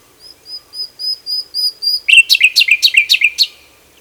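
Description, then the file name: Common nightingale song: a run of thin, high whistled notes repeated evenly, then a loud burst of rapid, harsh clicking notes in the second half. "Luscinia megarhynchos"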